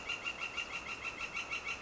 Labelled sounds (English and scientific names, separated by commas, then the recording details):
Northern Flicker (Colaptes auratus)
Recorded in Sonoma County, California